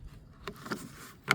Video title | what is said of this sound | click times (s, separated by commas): How to replace a Taillight assembly Toyota Corolla 2020 to 2024 12th gen E210 | yep there we go that goes in push firm snap into place | 1.3 s